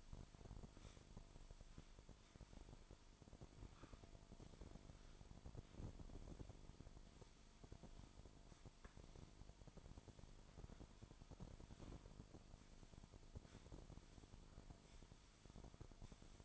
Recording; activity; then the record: daily activity, microphone in the room; sweep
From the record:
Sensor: 5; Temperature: 24.7 degrees Celsius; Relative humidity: 41.5%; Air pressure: 1003.2 hPa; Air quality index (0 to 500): 131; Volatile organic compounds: 1 ppm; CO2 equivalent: 963 ppm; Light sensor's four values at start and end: 48/114/48/53 and 50/119/50/56